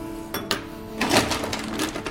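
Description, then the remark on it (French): At the Harris Bar, a barman making a Vesper cocktail sets down a mixing glass with two sharp glassy knocks, followed by a longer stretch of clinking and rattling with a faint ringing tone underneath. No one speaks. “Un verre à mélange.”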